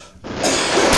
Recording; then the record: coughing mixed with background sound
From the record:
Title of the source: Residual Phlegmy Morning Coughing and Gagging